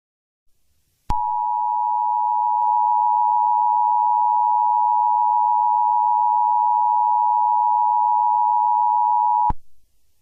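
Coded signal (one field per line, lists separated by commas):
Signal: Emergency Alert System (SAME) tones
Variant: 853 and 960 Hz attention tone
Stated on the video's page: Fictional EAS scenario.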